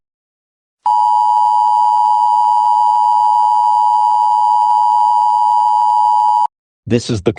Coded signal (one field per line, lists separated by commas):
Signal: Emergency Alert System (SAME) tones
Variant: 853 and 960 Hz attention tone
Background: speech